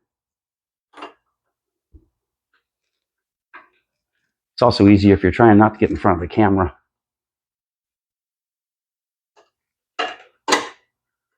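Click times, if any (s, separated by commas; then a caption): 10.5 s. While fuel system parts are reinstalled on a lawn mower engine, a part (the carburetor or its linkage) is pushed into position, with faint scattered handling noises and a stretch where someone talks. A single sharp hit at 10.5 s marks it clicking into place, and the part is seated.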